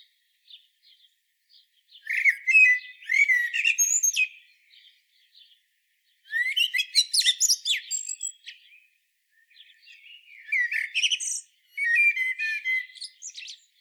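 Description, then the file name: Common blackbird singing four phrases of rich warbled notes that break into thin, scratchy high twitters, with quiet gaps between phrases. "Turdus merula"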